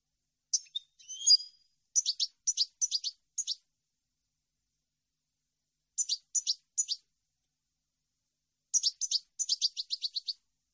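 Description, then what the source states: European goldfinch song: bursts of quick, high tinkling notes in short runs with pauses between, ending in a rapid twittering series. No other sounds. Clean, noise-free goldfinch song issued on a CD, intended as a model for birds to copy.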